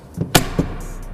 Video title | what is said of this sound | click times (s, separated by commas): How do U.S. Army Blackhawk crew members arm themselves? - Army Loadouts - Army Lethality | and give a little click down | 0.4 s